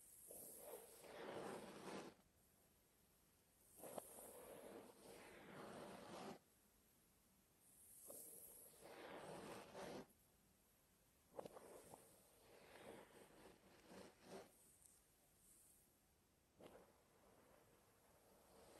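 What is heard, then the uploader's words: Dry scratching and rubbing on hair and scalp comes in bursts of a couple of seconds each, with short quiet gaps between them. The strokes are hissy and rasping, some sharper and brighter, starting near 0, 4, 8, 11 and 16 seconds. Hair wash hair brushing scalp scratch head massage (no talking).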